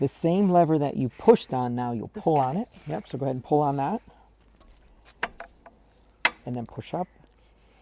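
Someone talks while a hitch-mounted bike rack's fold lever is pulled and the rack arm is pushed up toward its folded position in the hitch mount. Sharp handling knocks are heard around 5.2 to 5.8 s and 6.3 s. Nothing has latched or clicked home yet.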